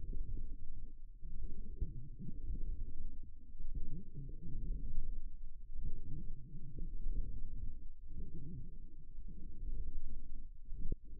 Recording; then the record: forearm muscle sounds (acoustic myography)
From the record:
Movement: forearm pronation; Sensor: system 1, eight BSWA MPA416 microphones around the upper forearm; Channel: 8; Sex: female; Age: 21 years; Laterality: right